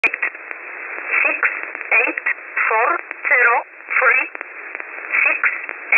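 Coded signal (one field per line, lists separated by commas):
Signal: numbers station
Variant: E11 Oblique, English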